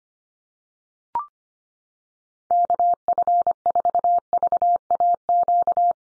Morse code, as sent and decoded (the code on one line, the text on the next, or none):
-.- ..-. ....- ...- .- --.-
KF4VAQ